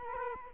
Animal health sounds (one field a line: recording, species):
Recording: mosquito wingbeat signal from an infrared sensor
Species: Culex quinquefasciatus